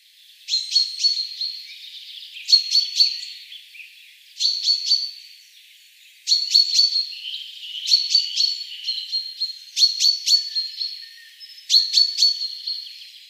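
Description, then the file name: Common chaffinch singing bright, rattling phrases about every two seconds, each a quick run of sharp notes with a steady tone beneath, in an otherwise quiet setting. "Fringilla coelebs"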